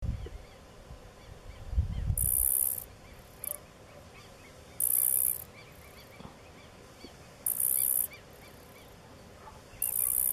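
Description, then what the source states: Grasshopper stridulation: raspy high bursts lasting about half a second and recurring every two to three seconds, with a few low thumps near the start. Sound made by rubbing the hind legs against the forewings, likened to a cricket's chirping.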